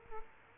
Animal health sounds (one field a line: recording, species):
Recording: mosquito wingbeat signal from an infrared sensor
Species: Culex quinquefasciatus